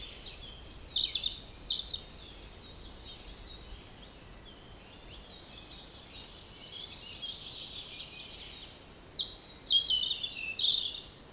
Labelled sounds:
European Robin (Erithacus rubecula)

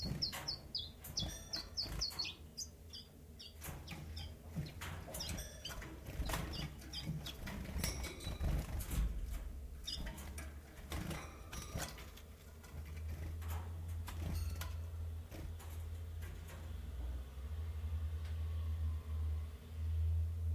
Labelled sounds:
Common Chiffchaff (Phylloscopus collybita)

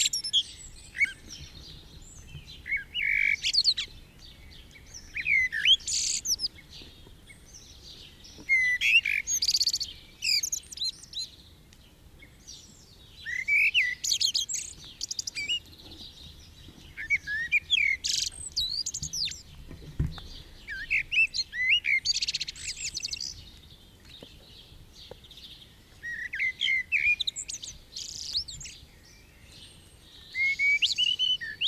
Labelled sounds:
Common Blackbird (Turdus merula) song

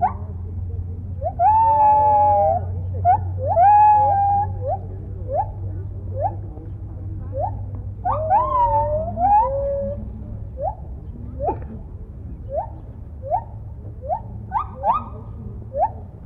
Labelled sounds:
Lar Gibbon (Hylobates lar)

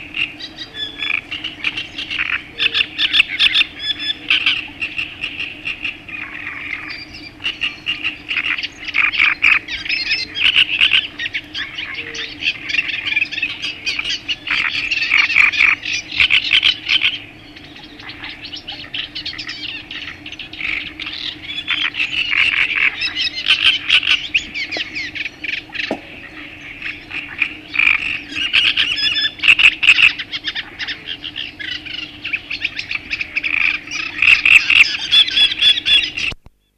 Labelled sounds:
Great Reed Warbler (Acrocephalus arundinaceus) song

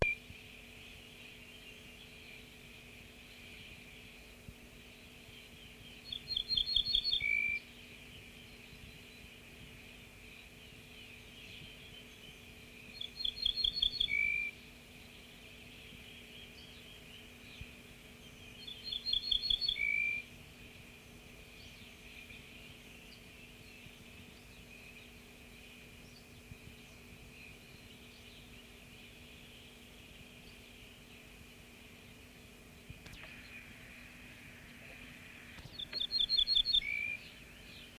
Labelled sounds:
Ortolan Bunting (Emberiza hortulana) song

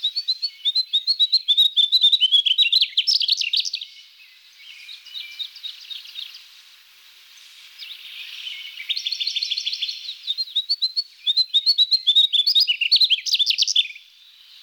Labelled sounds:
Mugimaki Flycatcher (Ficedula mugimaki) song

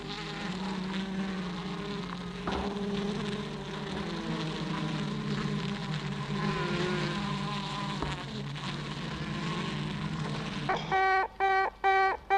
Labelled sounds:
Honey Bee (Apis mellifera)

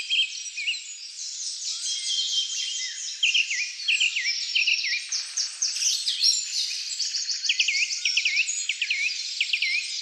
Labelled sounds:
Song Thrush (Turdus philomelos) song

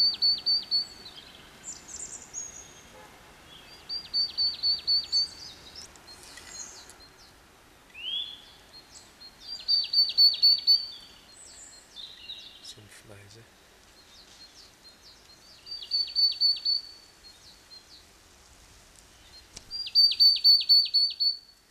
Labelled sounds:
Marsh Tit (Poecile palustris) song

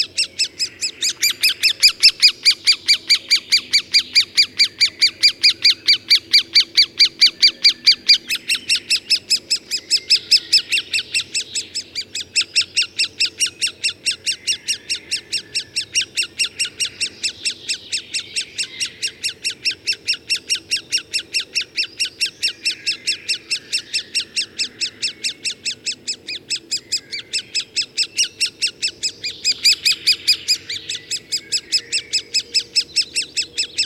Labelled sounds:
Great Spotted Woodpecker (Dendrocopos major) call

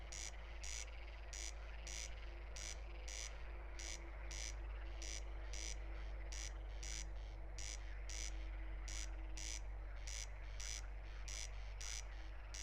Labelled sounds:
Corn Crake (Crex crex) song

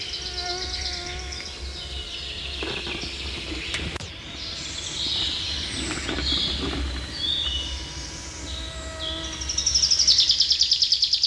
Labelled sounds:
Common Chaffinch (Fringilla coelebs) song

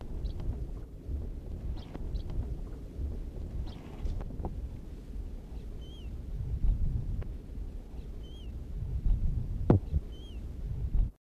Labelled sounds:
Double-banded Courser (Rhinoptilus africanus) call

